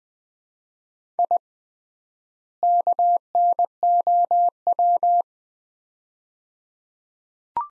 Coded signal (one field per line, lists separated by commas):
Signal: Morse code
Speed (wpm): 20 wpm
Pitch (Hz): 700 Hz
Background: none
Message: I KNOW